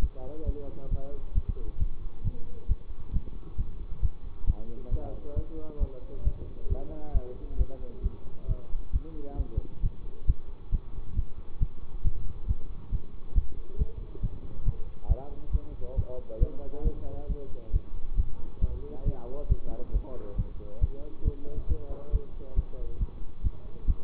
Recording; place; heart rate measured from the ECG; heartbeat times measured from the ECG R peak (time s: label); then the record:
heart sounds by stethoscope; between the tricuspid and mitral areas; 136 bpm
0.44 s: heartbeat
0.89 s: heartbeat
1.33 s: heartbeat
1.78 s: heartbeat
2.22 s: heartbeat
2.67 s: heartbeat
3.11 s: heartbeat
3.56 s: heartbeat
4.01 s: heartbeat
4.45 s: heartbeat
4.89 s: heartbeat
5.34 s: heartbeat
5.78 s: heartbeat
6.23 s: heartbeat
6.68 s: heartbeat
7.12 s: heartbeat
7.57 s: heartbeat
8.01 s: heartbeat
8.46 s: heartbeat
8.91 s: heartbeat
9.36 s: heartbeat
9.81 s: heartbeat
10.25 s: heartbeat
10.70 s: heartbeat
11.15 s: heartbeat
11.58 s: heartbeat
12.02 s: heartbeat
12.46 s: heartbeat
12.90 s: heartbeat
13.33 s: heartbeat
13.77 s: heartbeat
14.21 s: heartbeat
14.64 s: heartbeat
15.07 s: heartbeat
15.51 s: heartbeat
15.95 s: heartbeat
16.38 s: heartbeat
16.83 s: heartbeat
17.27 s: heartbeat
17.71 s: heartbeat
18.15 s: heartbeat
18.60 s: heartbeat
19.04 s: heartbeat
19.48 s: heartbeat
19.92 s: heartbeat
20.36 s: heartbeat
20.79 s: heartbeat
21.23 s: heartbeat
21.67 s: heartbeat
22.11 s: heartbeat
22.55 s: heartbeat
22.98 s: heartbeat
23.42 s: heartbeat
23.86 s: heartbeat
From the record:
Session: bicycle stress test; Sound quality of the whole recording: good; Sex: male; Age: 24 years